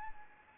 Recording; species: mosquito wingbeat signal from an infrared sensor; Anopheles arabiensis